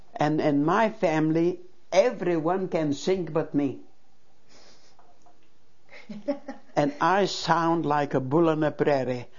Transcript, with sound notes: And my family, every one can sing but me. (laughs) And I sound like a bull in the prairie.